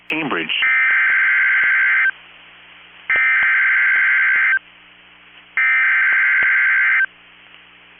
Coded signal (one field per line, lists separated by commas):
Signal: Emergency Alert System (SAME) tones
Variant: header bursts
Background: speech